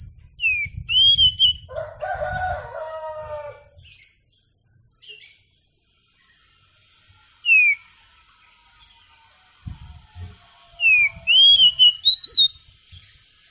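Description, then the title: Oriental magpie-robin song: a few clear whistled phrases, some dipping then rising, among short high chirps, with low thumping noises and gaps of near silence. Champion singing bird. "Kicau Burung Kacer Juara"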